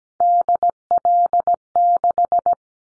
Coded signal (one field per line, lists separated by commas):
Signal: Morse code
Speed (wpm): 17 wpm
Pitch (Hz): 700 Hz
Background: none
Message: DL6